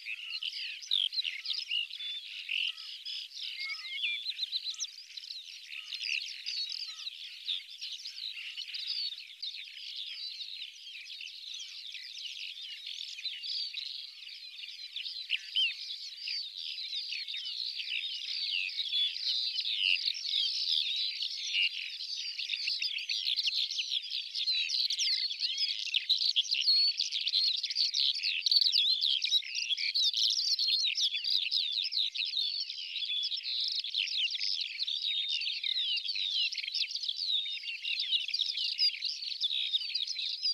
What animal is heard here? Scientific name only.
Melanocorypha yeltoniensis